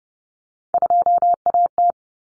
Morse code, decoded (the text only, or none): 2AT